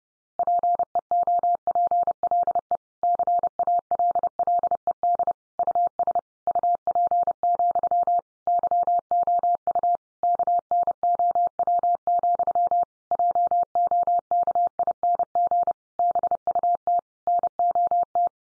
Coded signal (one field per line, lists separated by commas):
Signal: Morse code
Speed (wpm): 30 wpm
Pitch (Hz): 700 Hz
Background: none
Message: PEOPLE CALLED US UP, YOU KNOW, JOKING BUT NOT